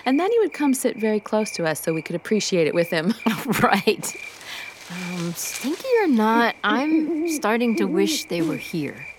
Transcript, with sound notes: and then he would come sit very close to us so we could appreciate it with him. (laughter)
Stinky or not, I’m starting to wish they were here.